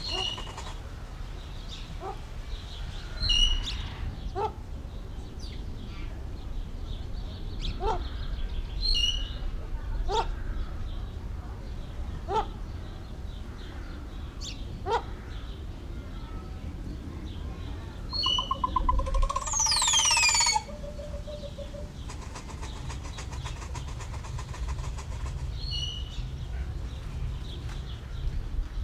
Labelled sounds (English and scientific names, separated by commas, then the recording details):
Southern Screamer (Chauna torquata) call
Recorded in captivity
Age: adult
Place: Zoo Berlin, Berlin, DE
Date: 1994-06-25 12:09
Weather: sonnig, 18-25°C, Wind
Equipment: Marantz CP 430, Sennheiser ME 80, Kopie Uher Variocord 263
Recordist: Tembrock, Günter